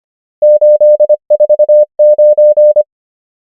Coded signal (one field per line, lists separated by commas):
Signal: Morse code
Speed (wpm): 25 wpm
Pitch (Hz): 600 Hz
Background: none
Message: 8 4 9